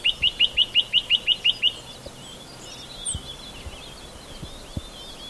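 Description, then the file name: Chinese nuthatch calling: a fast, even series of about ten sharp notes, then softer twittering. "Golosa ptic - Kosmatyj popolzen Sitta villosa"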